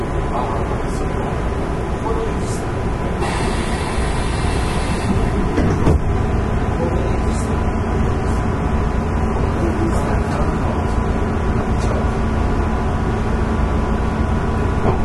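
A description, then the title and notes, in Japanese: Running sound of a Keihan 13000 series train, recorded between Uji and Chushojima. A steady, dense low rumble of wheels and motor carries through the whole clip, with a brighter hiss swelling around three to six seconds and faint rhythmic clicks scattered throughout. 京阪電気鉄道 13000系の走行音です。宇治線にて収録。区間は宇治から中書島までです。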